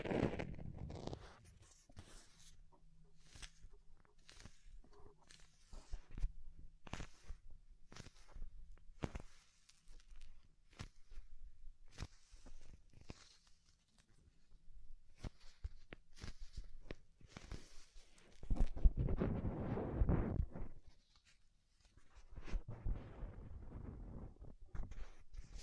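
Soft, fluffy ASMR-style triggers: a series of sharp taps and crackles that come every second or so, scattered over a quiet background with a faint low hum in the middle. Around nineteen to twenty seconds a denser, louder rustling swell builds, then eases into lighter scratching.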